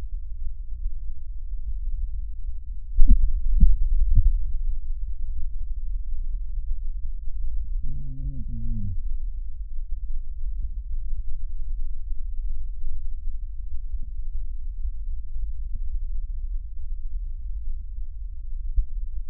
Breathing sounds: lung sounds by stethoscope; left posterior basal chest; quiet breathing, then cough and speech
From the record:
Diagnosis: COPD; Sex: male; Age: 81 years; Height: 166 cm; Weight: 98.7 kg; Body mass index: 35.8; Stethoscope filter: bell mode

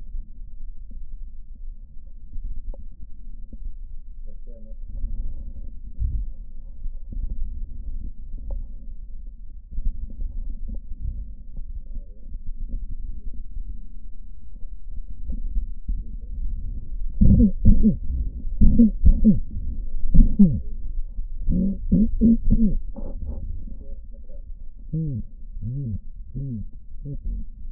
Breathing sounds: lung sounds by stethoscope; left posterior basal chest; quiet breathing, then cough and speech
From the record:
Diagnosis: COPD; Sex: male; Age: 70 years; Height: 170 cm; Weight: 74 kg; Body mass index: 25.6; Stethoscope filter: diaphragm mode

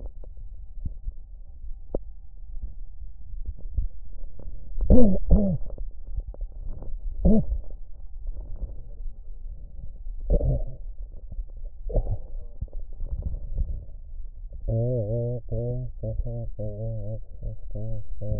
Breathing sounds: lung sounds by stethoscope; left anterior apical chest; quiet breathing, then cough and speech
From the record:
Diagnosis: none (healthy); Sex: male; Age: 35 years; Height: 186 cm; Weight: 108 kg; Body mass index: 31.2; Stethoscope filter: extended mode

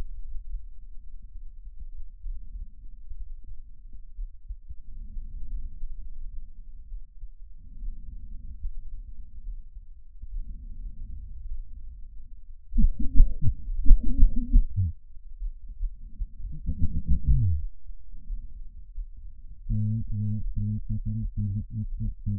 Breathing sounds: lung sounds by stethoscope; right anterior apical chest; quiet breathing, then cough and speech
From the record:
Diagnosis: none (healthy); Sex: male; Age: 45 years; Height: 173 cm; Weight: 92 kg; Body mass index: 30.7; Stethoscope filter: bell mode

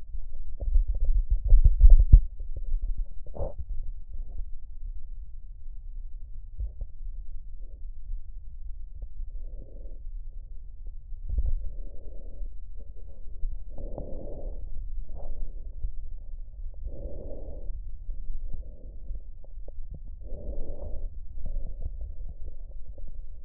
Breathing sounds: lung sounds by stethoscope; left posterior basal chest; quiet breathing, then deep breathing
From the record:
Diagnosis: COPD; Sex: female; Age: 68 years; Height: 150 cm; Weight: 70 kg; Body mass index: 31.1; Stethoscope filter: extended mode

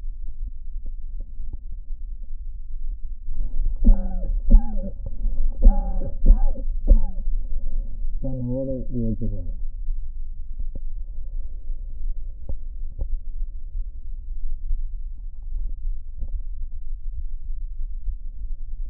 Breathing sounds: lung sounds by stethoscope; left anterior apical chest; quiet breathing, then cough and speech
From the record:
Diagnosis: COPD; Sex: male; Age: 77 years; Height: 172 cm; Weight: 94 kg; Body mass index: 31.8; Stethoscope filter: diaphragm mode

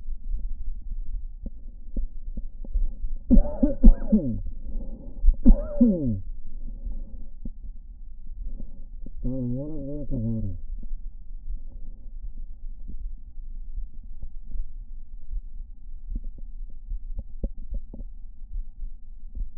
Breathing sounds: lung sounds by stethoscope; left anterior apical chest; quiet breathing, then cough and speech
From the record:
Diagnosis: interstitial lung disease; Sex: male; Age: 66 years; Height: 164 cm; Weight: 76.2 kg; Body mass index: 28.3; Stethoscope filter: diaphragm mode

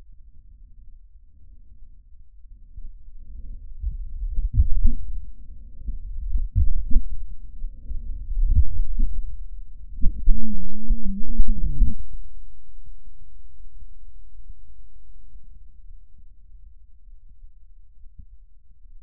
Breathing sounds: lung sounds by stethoscope; trachea; quiet breathing, then cough and speech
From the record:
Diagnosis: asthma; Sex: female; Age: 74 years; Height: 155 cm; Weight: 63 kg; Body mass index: 26.2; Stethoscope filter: bell mode

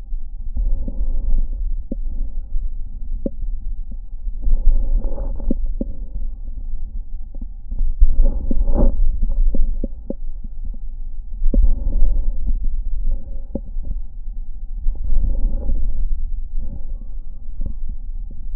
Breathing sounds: lung sounds by stethoscope; left anterior apical chest; quiet breathing, then deep breathing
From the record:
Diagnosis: COPD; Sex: male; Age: 85 years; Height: 183 cm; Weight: 88 kg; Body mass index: 26.3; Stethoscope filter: diaphragm mode

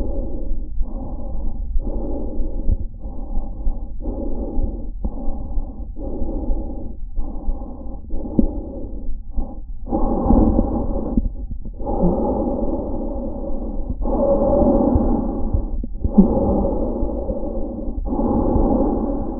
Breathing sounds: lung sounds by stethoscope; trachea; quiet breathing, then deep breathing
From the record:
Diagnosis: interstitial lung disease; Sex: female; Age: 61 years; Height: 155 cm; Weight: 75.5 kg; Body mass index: 31.4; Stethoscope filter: diaphragm mode

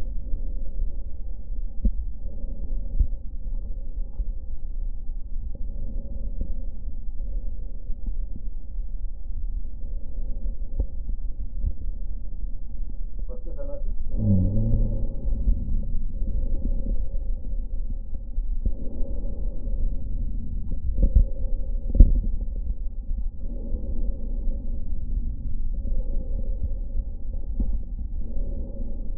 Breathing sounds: lung sounds by stethoscope; left anterior apical chest; quiet breathing, then deep breathing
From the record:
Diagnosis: pulmonary infection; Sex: male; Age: 74 years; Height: 171 cm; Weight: 80 kg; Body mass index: 27.4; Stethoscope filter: diaphragm mode

